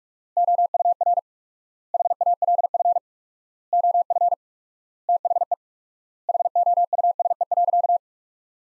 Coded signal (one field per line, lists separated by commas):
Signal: Morse code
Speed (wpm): 46 wpm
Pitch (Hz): 700 Hz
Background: none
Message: OUR HALF OF THE HOUSE.